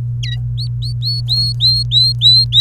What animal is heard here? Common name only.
Domestic Canary